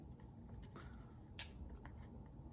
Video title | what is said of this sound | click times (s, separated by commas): Beats Flex Unboxing! | And they just snapped into place magnetically. | 1.4 s